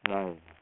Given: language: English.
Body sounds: throat vibration sensor signal played as sound; speech

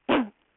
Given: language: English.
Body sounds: throat vibration sensor signal played as sound; cough

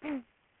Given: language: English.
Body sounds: throat vibration sensor signal played as sound; throat clearing

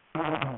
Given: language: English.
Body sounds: throat vibration sensor signal played as sound; throat clearing

